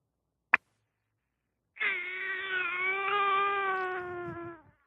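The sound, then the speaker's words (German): A recording of a small child crying in one long, drawn-out wail that holds a steady, high pitch for about three seconds, after a single sharp click. No one speaks. “Ein kleines Kind.”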